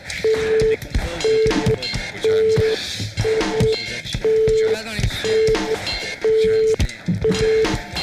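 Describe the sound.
Telephone keypad tones beep in a steady series, about eight short mid-pitched bursts at an even pace, while voices talk over them.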